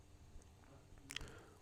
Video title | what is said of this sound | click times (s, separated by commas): Tutoriel Sony Xperia X Compact : remplacer la batterie | qui vient se clipser sur l'antenne. | 1.1 s, 1.2 s